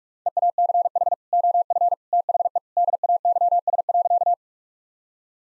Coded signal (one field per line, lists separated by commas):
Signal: Morse code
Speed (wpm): 46 wpm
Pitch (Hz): 700 Hz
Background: none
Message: EACH OF THE DAYS.